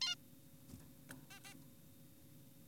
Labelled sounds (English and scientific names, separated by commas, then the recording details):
Zebra Finch (Taeniopygia guttata)
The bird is an adult
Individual g4p5U